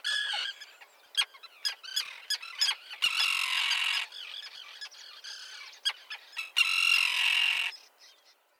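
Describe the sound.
Common tern giving harsh, grating calls: a run of short sharp notes, then two long rasping cries near three and seven seconds.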